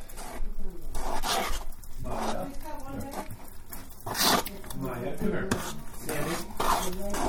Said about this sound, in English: Or well, we're going to have to pour them into these pans. So you want me to like, mix them in? Yeah, so they go evenly.